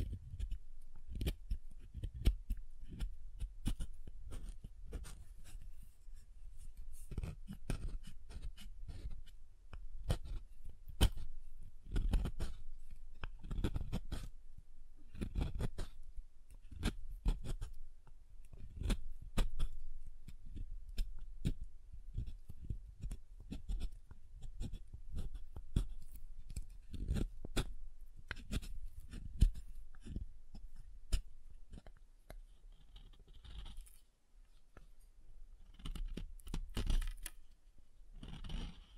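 Soap is tapped and carved in a dense, irregular run of small crisp clicks and scrapes, several each second, with soft low thuds under them. The activity continues steadily throughout and eases slightly with a brief quieter stretch around 34 seconds.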